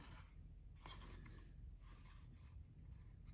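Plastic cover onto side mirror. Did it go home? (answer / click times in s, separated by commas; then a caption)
no / none. A plastic mirror cover for a Ford Focus side mirror, fitted during a sequential LED turn signal upgrade, is picked up and its tabs are lined up before it is pressed on. Soft rubbing and scraping of plastic is heard, with two brief sharp ticks at 0.9 s and 1.3 s. Nothing has clicked into place yet.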